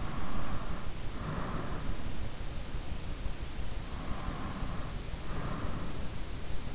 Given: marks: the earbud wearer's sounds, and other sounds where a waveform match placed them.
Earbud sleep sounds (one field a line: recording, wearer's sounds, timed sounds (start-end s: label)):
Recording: sounds in sleep by an in-ear microphone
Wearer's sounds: breath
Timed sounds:
0.00-1.81 s: breath
3.89-5.82 s: breath